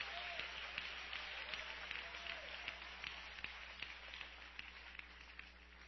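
An audience at an evening church service claps for Christ in a dense, steady wash of overlapping claps, with sharper individual claps popping out now and then, continuing evenly for the whole stretch.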